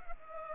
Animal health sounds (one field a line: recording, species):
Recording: mosquito wingbeat signal from an infrared sensor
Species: Culex pipiens